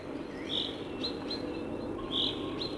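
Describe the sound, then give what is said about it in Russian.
A common chaffinch sings a few bright, high chirping notes in short bursts, with brief pauses between them, over a steady low rushing background noise. “Зяблик бодрая, живая, по-своему умная и очень задорная птица. Песенка зяблика состоит из нескольких колен.”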